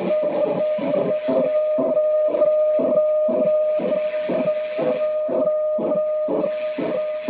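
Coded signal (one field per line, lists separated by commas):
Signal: weather fax (radiofax)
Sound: steady low tone broken by regular scratchy bursts, about two per second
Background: radio static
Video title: Maritime Weather Fax Transmission from USCG NMF Boston, MA, USA @ 4235 kHz USB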